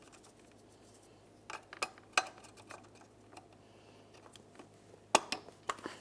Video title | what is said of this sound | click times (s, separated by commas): How To Replace Radiator Fan 2012-2017 Toyota Camry | listen for a click give it a nice tug | 5.2 s